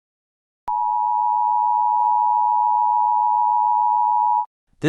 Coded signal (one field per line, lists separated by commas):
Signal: Emergency Alert System (SAME) tones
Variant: 853 and 960 Hz attention tone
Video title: The escape of the indoraptor (eas alarm jurassic world s1 ep1)